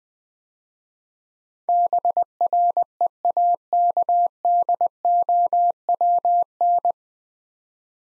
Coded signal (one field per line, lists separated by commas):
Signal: Morse code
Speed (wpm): 20 wpm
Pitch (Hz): 700 Hz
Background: none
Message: BREAKDOWN